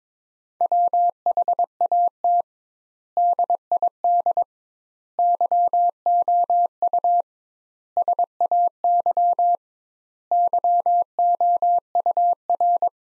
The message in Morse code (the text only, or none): WHAT DID YOU SAY YOUR